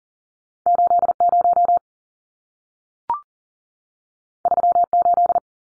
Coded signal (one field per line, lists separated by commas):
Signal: Morse code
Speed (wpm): 40 wpm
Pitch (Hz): 700 Hz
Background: none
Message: 80 38